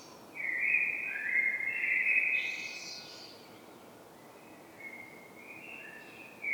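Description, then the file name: Common blackbird delivering a low, sliding fluted phrase that ends in a scratchy high twitter, followed by softer trailing notes. "Turdus merula"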